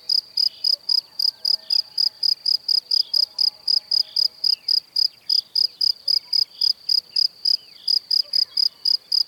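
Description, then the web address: Cricket song, a long run of rapid high chirps with brief breaks, over soft background noise. "Kurs PTTK Przyroda Ptaki Świerszcze"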